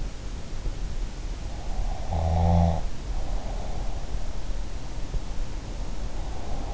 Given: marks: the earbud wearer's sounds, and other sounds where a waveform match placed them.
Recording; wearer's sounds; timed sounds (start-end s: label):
sounds in sleep by an in-ear microphone; snoring breath
1.62-3.93 s: snoring breath